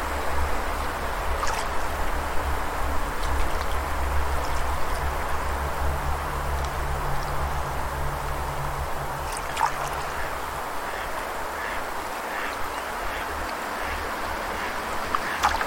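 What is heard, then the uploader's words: A toad-filled pond gives off a steady, dense, churning chorus with a rain-like fizz throughout. A low droning rumble sits underneath for the first ten seconds, then thins out. Brief sharp calls cut through near 1.5 and 9.5 seconds and again at the end. Crow's Chorus by the Toad-Filled Pond: A Hauntingly Beautiful Ambient Soundscape.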